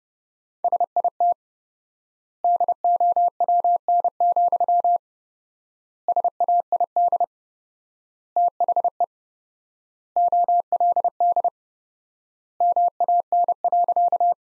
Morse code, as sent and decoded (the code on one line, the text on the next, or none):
... .. - / -.. --- .-- -. --..-- / ... .- .. -.. / - .... . / --- .-.. -.. / -- .- -. .-.-.-
SIT DOWN, SAID THE OLD MAN.